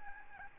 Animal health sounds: mosquito wingbeat signal from an infrared sensor; Aedes albopictus

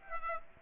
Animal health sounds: mosquito wingbeat signal from an infrared sensor; Aedes aegypti

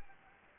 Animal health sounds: mosquito wingbeat signal from an infrared sensor; Anopheles gambiae

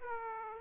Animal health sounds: mosquito wingbeat signal from an infrared sensor; Aedes aegypti

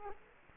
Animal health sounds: mosquito wingbeat signal from an infrared sensor; Culex quinquefasciatus

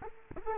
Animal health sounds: mosquito wingbeat signal from an infrared sensor; Culex quinquefasciatus

